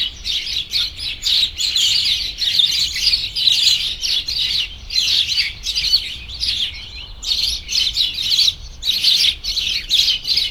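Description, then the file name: Birds chirping in a dense, overlapping chorus of high, quick tweets, almost unbroken, with brief lulls near seven and nine seconds. "birds chirping cheerfully"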